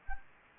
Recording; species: mosquito wingbeat signal from an infrared sensor; Anopheles gambiae